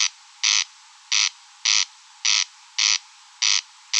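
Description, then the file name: Corn crake call, loud scraping rasps, dry and rhythmic, with no other clear sounds. Recorded at Rønbjerg Enge. "Engsnarre Roenbjerg Enge"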